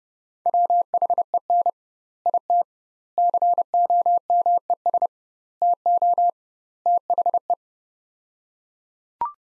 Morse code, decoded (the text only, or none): WHEN IT COMES TO THE